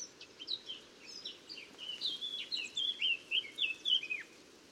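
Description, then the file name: Eurasian blackcap singing a rapid warbling phrase of varied whistled and scratchy notes that grows louder and richer toward the end, over a soft background hiss. "Sylvia atricapilla"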